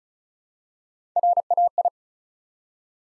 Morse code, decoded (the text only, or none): RAI